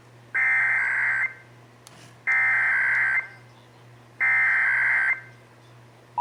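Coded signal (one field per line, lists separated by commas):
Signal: Emergency Alert System (SAME) tones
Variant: header bursts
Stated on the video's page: Texas required monthly EAS test, heard on broadcast radio and TV stations.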